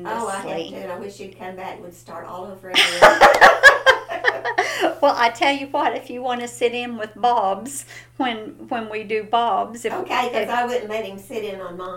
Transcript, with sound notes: Oh I have too, and I wish you'd come back and we'd start all over again.
(Laughter) Well I tell you what, if you want to sit in with Bob's, when we do Bob's--
Okay, 'cause I wouldn't let him sit in on mine.